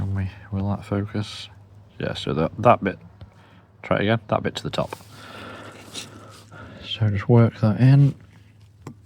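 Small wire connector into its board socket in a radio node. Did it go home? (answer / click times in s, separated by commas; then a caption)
yes / 8.9 s. While someone talks, a small plastic wire connector for a Meshnology N32 plus LoRa radio node kit is lined up with its two marker lines to the top and worked into its socket on the board. A sharp click at 8.9 s shows the connector has seated properly in its socket.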